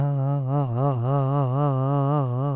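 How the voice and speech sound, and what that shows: Vocal tremor in an adult voice: a sustained vowel whose pitch and loudness waver rhythmically, about four times per second.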